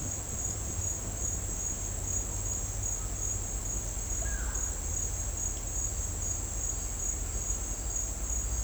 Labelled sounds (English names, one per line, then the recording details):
none
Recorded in dense forest near Puerto Asís, Putumayo, Colombia, on 20 December 2024 at 09:30
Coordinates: 0.466, -76.327
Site G075